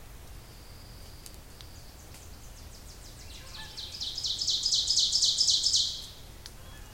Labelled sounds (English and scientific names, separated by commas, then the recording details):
Ovenbird (Seiurus aurocapilla) song
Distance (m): 20 m
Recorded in boreal forest in Alberta, Canada, on 26 May 2016 at 07:47
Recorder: SongMeter 3, array SBT-3-15
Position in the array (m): 53 m, 221 m
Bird 20